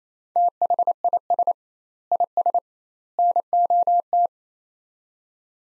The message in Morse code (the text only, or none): THIS IS NOT